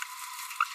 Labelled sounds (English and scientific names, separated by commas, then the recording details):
Green-rumped Parrotlet (Forpus passerinus) babbling
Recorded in a nest box in Venezuela
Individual 18B25A3